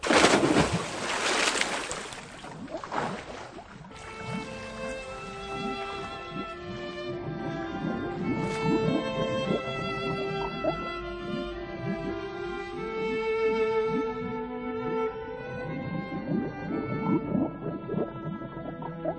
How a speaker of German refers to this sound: Ob es mir recht war oder nicht, ich musste erst ins und dann unter Wasser.